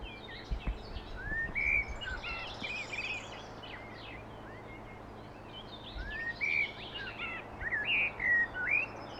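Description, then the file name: Common blackbird song, two fluted whistled phrases near the start and end, each sliding into a squeaky twittering tail, over steady low background hiss. "Turdus merula"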